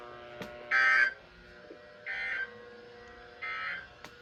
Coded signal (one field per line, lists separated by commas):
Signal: Emergency Alert System (SAME) tones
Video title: “Winter Storm Warning In Now Effect” (EAS 436-442)